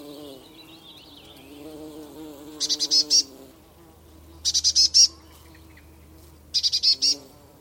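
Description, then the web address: Eurasian blue tit scolding in three rattling bursts of rapid buzzy notes, separated by short pauses, over a faint low drone. "Deverinetal 2025 File origin Bird Only Cy Ca"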